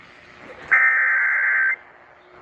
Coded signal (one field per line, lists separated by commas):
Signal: Emergency Alert System (SAME) tones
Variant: header bursts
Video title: EAS #182 Severe Thunderstorm Warning On WBAP-AM